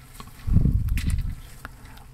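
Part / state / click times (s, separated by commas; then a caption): plastic transforming figure part into the figure's body / not seated / none. A plastic part of a Hasbro Target Exclusive Optimus Prime and Autobot Bullseye transforming action figure is pushed toward its place in the figure's body after a panel is closed back up during transformation. Faint plastic ticks and a low handling rumble from about 0.5 to 1.3 s are followed by a sharp tap at 1.6 s. The part has not clicked in or seated yet.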